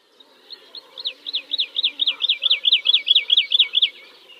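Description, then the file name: Woodlark song, a loose looping series of many mellow, rising-and-falling notes repeated evenly. "kicau master woodlark omkicau"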